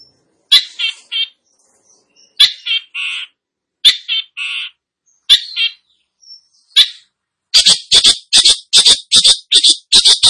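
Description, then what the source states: Cendet song: loud harsh chattering notes in short bursts separated by pauses, ending in a rapid run of buzzy, scratchy notes. Cendet singing energetically (gacor).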